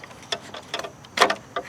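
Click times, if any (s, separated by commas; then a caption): 0.3 s. A screwdriver pries the plastic cover off the battery of a 2016 Impala. Several small, sharp plastic clicks are heard, with the main click at 0.3 s. The cover pops right off and is released.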